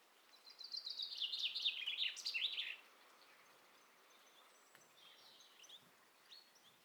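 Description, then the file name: Common chaffinch delivers a single cascading song phrase, a fast series of notes falling in pitch and ending with an emphatic flourish, then faint scattered chirps. "Fringilla coelebs"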